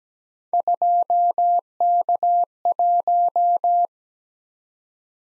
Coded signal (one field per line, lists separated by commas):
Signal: Morse code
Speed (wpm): 17 wpm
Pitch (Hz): 700 Hz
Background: none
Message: 2K1